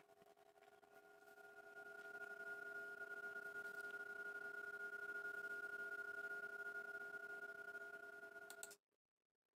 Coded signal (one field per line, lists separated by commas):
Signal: PSK31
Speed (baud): 31.25 baud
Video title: KI5WWT Winter Field Day 2025 - Live Stream